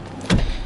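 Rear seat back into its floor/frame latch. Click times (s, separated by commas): 0.3 s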